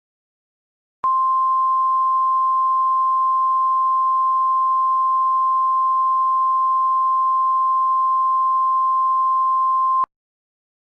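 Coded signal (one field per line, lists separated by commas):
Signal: Emergency Alert System (SAME) tones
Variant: 1050 Hz attention tone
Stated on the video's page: Fictional EAS scenario.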